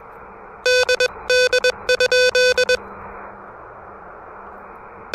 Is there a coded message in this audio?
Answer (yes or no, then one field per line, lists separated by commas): yes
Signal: Morse code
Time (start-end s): 0.7-2.8 s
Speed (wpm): 21 wpm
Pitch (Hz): 500 Hz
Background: music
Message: DD?